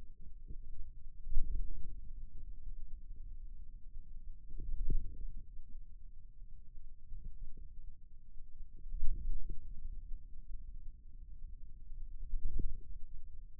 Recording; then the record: forearm muscle sounds (acoustic myography)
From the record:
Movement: wrist flexion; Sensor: system 2, bracelet of six BSWA MPA416 microphones around the upper forearm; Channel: 1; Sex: male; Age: 22 years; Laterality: right